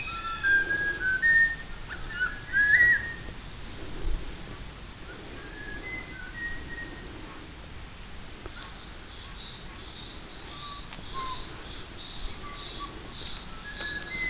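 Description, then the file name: Buffy laughingthrush gives a few loud whistled notes with one sharp upward slide early on. Later, faint whistles and a soft pulsing call repeat in the background. "laughingthrush-buffy Garrulax-berthemyi"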